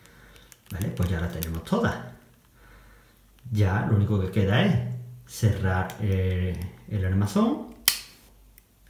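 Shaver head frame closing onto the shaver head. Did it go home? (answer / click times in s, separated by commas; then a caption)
yes / 7.9 s. With the cutters refitted, the plastic frame of an electric shaver head is closed onto the shaver head while someone talks. A sharp, loud click at 7.9 s marks the frame snapping shut and seating in place.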